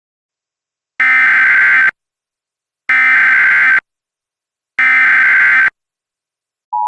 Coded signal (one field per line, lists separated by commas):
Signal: Emergency Alert System (SAME) tones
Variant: header bursts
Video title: EAS Scenario Deleted Scenes: The Freezing One (Part 1)